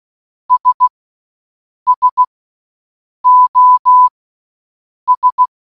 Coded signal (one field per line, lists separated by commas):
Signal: Morse code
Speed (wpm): 16 wpm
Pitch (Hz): 1000 Hz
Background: none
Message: S SOS